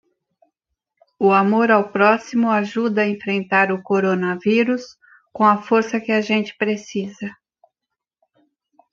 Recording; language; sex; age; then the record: spoken sentence; Brazilian Portuguese; female; 30 to 39 years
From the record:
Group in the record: control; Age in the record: 33 years